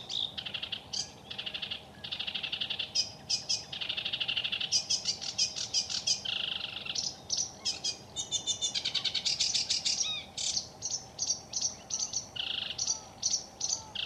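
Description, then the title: Sedge Warbler song: varied scratchy chatter mixing dry rattles, buzzes and short whistled notes, phrases changing often. Song more varied than Reed Warbler's, about twenty-second runs of chattering and grating motifs, often mimicking other species; sings in Finland from May, mostly at dusk and in darkness. "Viikon luontoääni: Ruokokerttunen"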